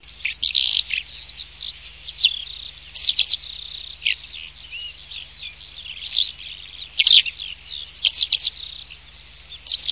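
Eurasian skylark song, a rapid, unbroken stream of high chirps, trills and quick slurred whistles, rising and falling in bursts with a faint low hum underneath.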